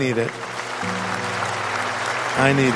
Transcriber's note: applause